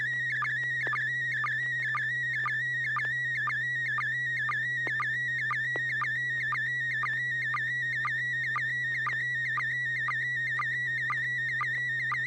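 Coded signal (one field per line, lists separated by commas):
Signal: SSTV (slow-scan television)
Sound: warbling whistle tone around 2 kHz with rapid regular clicks, about two per second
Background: low electrical hum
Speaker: TV net this net serves for training and practice in image transmission modes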